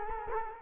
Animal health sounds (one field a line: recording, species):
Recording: mosquito wingbeat signal from an infrared sensor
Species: Culex quinquefasciatus